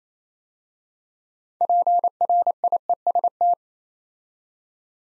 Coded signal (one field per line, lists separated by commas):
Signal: Morse code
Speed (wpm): 27 wpm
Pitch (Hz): 700 Hz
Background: none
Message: PRIEST